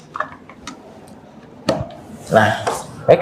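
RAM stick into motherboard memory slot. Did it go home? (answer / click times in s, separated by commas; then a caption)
yes / 0.2 s, 1.7 s. A DDR2 512 MB RAM stick is pushed into a motherboard DIMM slot until the retention clips snap, with sharp clicks at 0.2 s and 1.7 s. The module seats in the slot, and afterwards someone talks.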